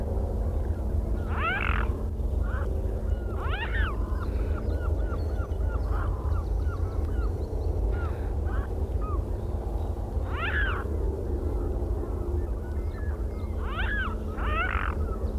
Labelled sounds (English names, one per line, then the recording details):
Mute Swan call
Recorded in the wild
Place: Groß Banzelvitz, Insel Rügen, Mecklenburg-Vorpommern, DE
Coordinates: 54.52, 13.407
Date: 1974-04-06
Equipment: Nagra III BH, Sennheiser MD 21, parabola
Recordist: Schubert, Michael